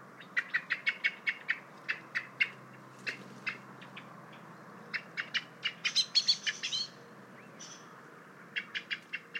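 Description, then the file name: Common blackbird chinking repeatedly in a fast, uneven series of sharp notes, with a denser burst of higher notes midway through. "Turdus merula"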